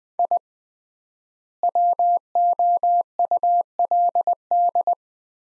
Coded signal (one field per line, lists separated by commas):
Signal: Morse code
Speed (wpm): 20 wpm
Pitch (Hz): 700 Hz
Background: none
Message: I WOULD